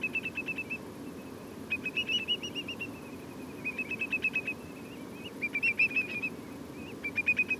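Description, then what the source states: Whimbrel piping in several bursts, each a rapid series of sharp, clipped whistled notes, over a constant low hum. Whimbrels giving lots of piping calls at Portland.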